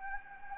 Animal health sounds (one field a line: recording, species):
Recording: mosquito wingbeat signal from an infrared sensor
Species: Anopheles gambiae